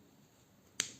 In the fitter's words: you hear that click.